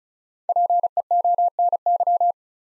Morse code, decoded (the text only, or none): PEONY